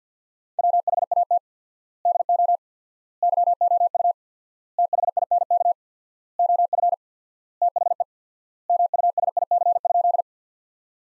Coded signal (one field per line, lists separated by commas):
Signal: Morse code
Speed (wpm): 50 wpm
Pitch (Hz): 700 Hz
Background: none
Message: WHAT DO YOU THINK OF THE MUSIC?